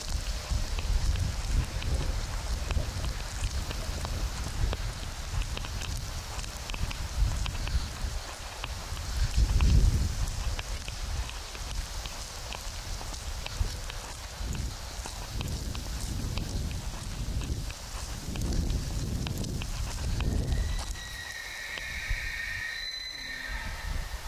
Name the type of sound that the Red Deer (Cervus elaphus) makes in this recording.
rut call